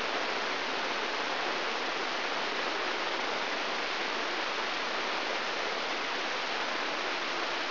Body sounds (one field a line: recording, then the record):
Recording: brain microelectrode recording played as sound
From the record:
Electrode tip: inside the subthalamic nucleus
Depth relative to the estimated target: 0 mm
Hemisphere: left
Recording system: AlphaMap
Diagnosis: Parkinson's disease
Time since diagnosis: 21 years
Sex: female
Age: 61 years